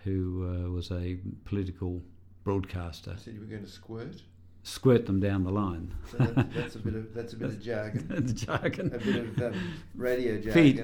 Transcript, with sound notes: who was a political broadcaster…
You said you were going to squirt?
Squirt them down the line [laughs]
So that’s a bit of jargon.
Jargon.
A bit of radio jargon.